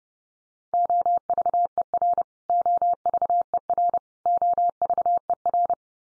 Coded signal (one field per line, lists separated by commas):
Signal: Morse code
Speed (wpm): 30 wpm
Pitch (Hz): 700 Hz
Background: none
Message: OVER OVER OVER